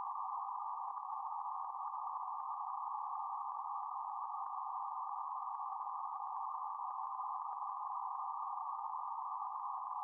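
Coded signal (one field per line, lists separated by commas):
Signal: PSK31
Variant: BPSK31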